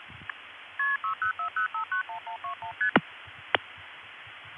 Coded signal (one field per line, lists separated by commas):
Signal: multi-frequency trunk signalling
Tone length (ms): 110 ms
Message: KP600591121ST